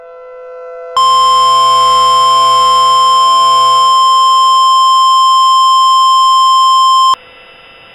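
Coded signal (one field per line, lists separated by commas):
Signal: Emergency Alert System (SAME) tones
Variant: 1050 Hz attention tone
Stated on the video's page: Simulated EAS alert scenario (mock) with sirens.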